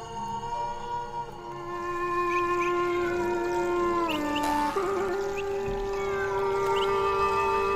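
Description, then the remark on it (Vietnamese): A cat outside at night in a mountain forest lets out a long, drawn-out yowl. It holds a steady, tonal wail for several seconds, dips lower in pitch about halfway through, then carries on in a continuous eerie cry, gradually moving farther away. “Ấy thế nhưng ở bên ngoài đâu đó tiếng con mèo vẫn cứ kêu xa dần xa dần, lẫn vào trong đêm tối của núi rừng.”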